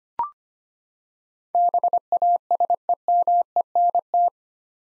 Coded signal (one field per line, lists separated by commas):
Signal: Morse code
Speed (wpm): 25 wpm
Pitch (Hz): 700 Hz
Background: none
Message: BASEMENT